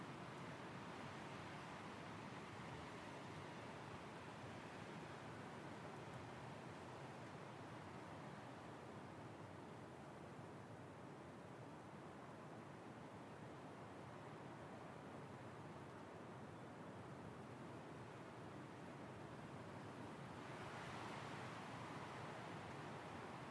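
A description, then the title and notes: Wind blows steadily on a spring day, a dense, even rush that fills the whole 24 seconds with little change in level. The sound is mostly a low-to-middle roar with softer hiss above, and near the 21-second mark a brighter gust briefly swells. Windy Spring Day. By request we have created another soundscape set in the forest, but this time with the wind as a focus.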